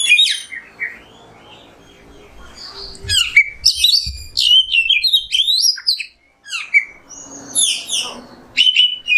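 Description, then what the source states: Oriental magpie-robin song, a dense run of piercing whistles, slurred notes and clicks after a quieter start, with one brief silent gap. Kacer song in the 'nembak' style, used as masteran tutoring.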